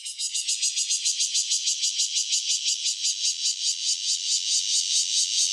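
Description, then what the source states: Takasago bear cicada song, a high rasping buzz pulsing steadily throughout. Its call sounds more like 'sha sha sha', unlike the red-veined bear cicada's.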